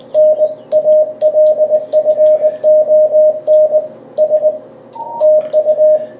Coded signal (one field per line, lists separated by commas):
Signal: Morse code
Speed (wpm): 19 wpm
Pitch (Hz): 620 Hz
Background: radio noise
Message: N ALFONS TU